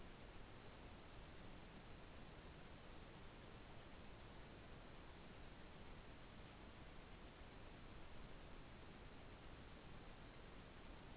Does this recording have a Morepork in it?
no